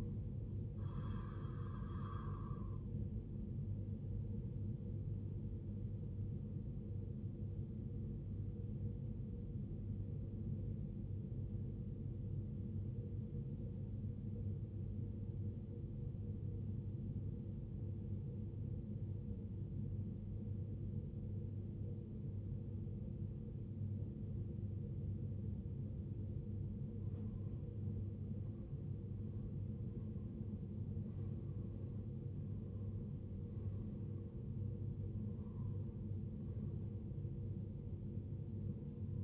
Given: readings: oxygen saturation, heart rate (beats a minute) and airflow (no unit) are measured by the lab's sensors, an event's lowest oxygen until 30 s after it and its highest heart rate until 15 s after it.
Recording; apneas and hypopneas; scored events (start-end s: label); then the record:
breathing in sleep by a smartphone at the bedside; 1
12.00-28.60 s: obstructive apnea (N2, oxygen 94% highest, then 87% lowest, heart rate 62 at the start, 75 highest)
23.00-39.24 s: new sleep stage, N1 (lightest sleep)
From the record:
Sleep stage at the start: N2 (light sleep); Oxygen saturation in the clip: 87 to 94%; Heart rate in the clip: 59 to 75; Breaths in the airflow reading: 5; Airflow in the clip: -14.8 to 13.7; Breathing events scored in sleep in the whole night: 389 in 6.3 hours asleep